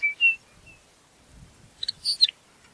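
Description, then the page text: Lapland longspur calls: two brief clear whistled notes, then after a pause a quick cluster of higher chipping notes. "Ryan P. O'Donnell - Лапландский подорожник (Calcarius lapponicus)"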